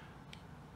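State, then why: Released. The frame-lock bar of an opened Sebenza 31 folding knife is pushed to disengage it from the blade tang; it sticks slightly from lock stick, then breaks free with a faint, brief click at 0.3 s. The click stands out from low, steady background noise, and the lock bar is released.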